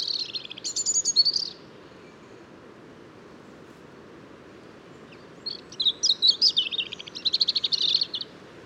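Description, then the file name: European robin song in two bursts: a short high warble, several seconds of quiet, then a longer sparkling phrase of fast trills and thin whistles. "Erithacus rubecula"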